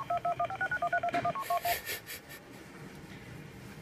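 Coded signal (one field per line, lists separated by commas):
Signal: DTMF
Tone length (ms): 70 ms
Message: 1569131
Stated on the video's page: DTMF sent from a telephone trunk test set on -48 VDC at a museum, which can also send MF and dial pulse, in manual or auto send mode.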